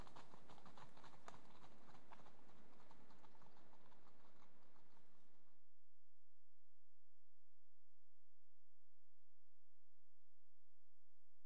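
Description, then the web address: Horse hoofbeats: dense, rhythmic crunching steps on gravel for about six seconds before the sound stops abruptly into silence. Two horses canter past on gravel. "BBC Sound Effects Library BBC 37-Horses. Two horses canter past on"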